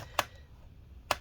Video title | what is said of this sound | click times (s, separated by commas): Lenovo ThinkPad T15 Disassembly RAM SSD Hard Drive Upgrade Battery Fan Replacement Repair Quick Look | all right you hear that click and then we twist it in okay | 0.2 s, 1.1 s